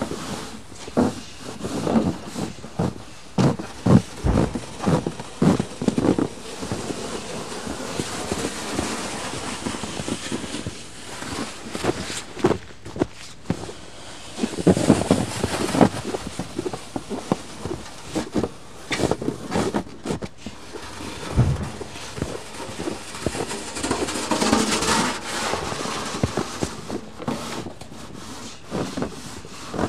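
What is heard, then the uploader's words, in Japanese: Snow is being cleared, with repeated scraping and shoveling strokes that come irregularly and often for the whole half minute. Several heavier soft thumps, near 4, 15 and 21 seconds, sound like clumps dropping, over a faint steady hiss. 湯治場ラジオ 雪下ろしASMR。村井六助さんでの雪下ろしの音を配信します。会話はありません。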